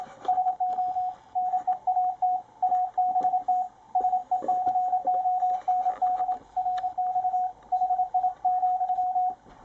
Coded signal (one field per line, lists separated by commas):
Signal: Morse code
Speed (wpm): 27 wpm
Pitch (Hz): 730 Hz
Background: radio noise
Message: SO NEAT ABT SECOND RX HI,